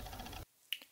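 The right-hand breakout connector is pushed onto the side header of a stacked M5Stack MIDI module. Steady broadband noise cuts off at about 0.4 s, followed by near silence. A sharp, loud snap at 0.7 s and a softer tap at 0.8 s mark the connector clicking into place, fully seated.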